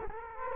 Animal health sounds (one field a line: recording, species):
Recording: mosquito wingbeat signal from an infrared sensor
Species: Culex quinquefasciatus